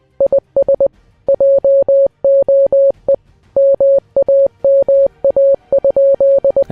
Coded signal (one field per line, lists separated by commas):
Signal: Morse code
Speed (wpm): 20 wpm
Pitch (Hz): 550 Hz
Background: music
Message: IS JOE MAMA?